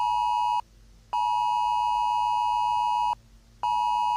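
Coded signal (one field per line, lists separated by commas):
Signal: Emergency Alert System (SAME) tones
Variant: 853 and 960 Hz attention tone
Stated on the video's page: Fictional EAS scenario set in England.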